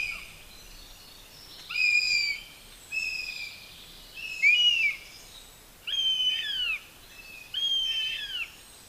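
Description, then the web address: Northern goshawk calls: drawn-out, harmonic whistled notes, some slurred upward then down, given singly at intervals over a steady hiss. "Madardalok Cd 1. Héja"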